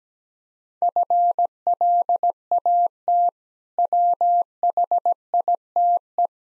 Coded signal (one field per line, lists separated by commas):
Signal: Morse code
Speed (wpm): 17 wpm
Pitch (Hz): 700 Hz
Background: none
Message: FLAT WHITE